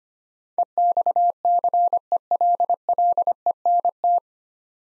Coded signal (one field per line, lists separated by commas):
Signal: Morse code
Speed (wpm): 25 wpm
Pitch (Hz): 700 Hz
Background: none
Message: EXCELLENT